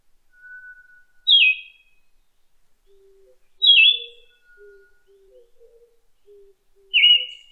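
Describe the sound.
Siberian thrush giving three sharp whistled phrases, the first two descending. Faint thin whistles and quiet low notes sit in the background.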